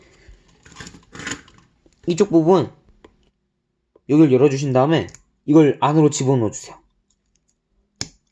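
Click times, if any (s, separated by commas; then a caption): 8.0 s. Someone talks while handling a plastic model kit arm, with faint taps and light clicks as a section of the arm is opened. The plastic arm part is then pushed inward into the arm joint and snaps into place with a sharp click at 8.0 s. The part seats, and the arm is shortened, which is normal.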